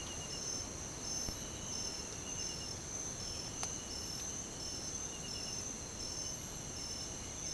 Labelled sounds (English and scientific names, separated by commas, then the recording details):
none
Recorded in secondary vegetation near Puerto Asís, Putumayo, Colombia, on 20 December 2024 at 06:00
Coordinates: 0.468, -76.324
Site G095